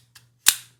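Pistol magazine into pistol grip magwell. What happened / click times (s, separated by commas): The magazine latched home in the grip / 0.5 s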